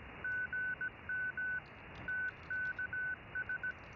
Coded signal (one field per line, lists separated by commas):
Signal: Morse code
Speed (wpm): 17 wpm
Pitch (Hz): 1500 Hz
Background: none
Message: GM TKS